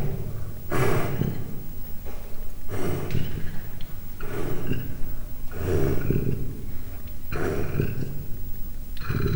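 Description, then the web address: Leopard growling in harsh, rasping low bursts, each about a second long, repeated roughly every one and a half to two seconds with breathy pauses between. Three-month-old captive cub at a zoo in Miskolc, recorded 2009, growling. "allathangok miskolcizoo 2009 standardt leopard haromhonaposkolyokmorgasaparcentirol"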